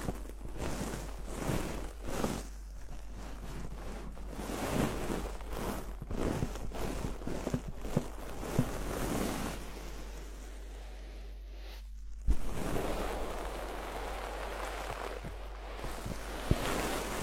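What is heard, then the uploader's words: Deep ear cleaning and massage: dense, scratchy rubbing that swells and fades in rhythmic strokes about once a second. Around ten seconds the rubbing softens to a quieter hush, then a sharp click near twelve seconds brings back rougher, brighter scraping. Enhanced version of deep ear cleaning, massage.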